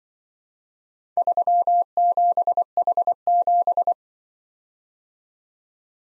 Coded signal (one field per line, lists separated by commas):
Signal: Morse code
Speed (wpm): 25 wpm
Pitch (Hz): 700 Hz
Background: none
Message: 37H7